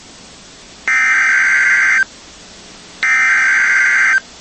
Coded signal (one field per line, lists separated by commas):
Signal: Emergency Alert System (SAME) tones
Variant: header bursts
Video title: NOAA Weather Radio · WXK80 Lafayette, Louisiana · EAS #7-8 · Double Header Tornado Watch · 12/28/24